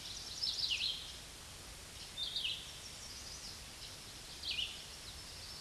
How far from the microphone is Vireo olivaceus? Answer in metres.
about 25 m